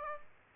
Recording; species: mosquito wingbeat signal from an infrared sensor; Aedes aegypti